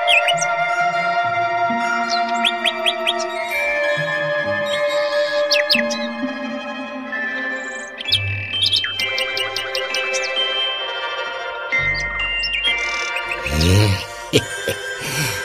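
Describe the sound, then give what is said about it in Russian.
A nightingale sings on and on in a forest, pouring out varied whistles, quick trills and sharp chirps that shift in pitch, loud and unbroken for the whole stretch with no voices. “Как звать-то тебя, серая птичка? Соловей.”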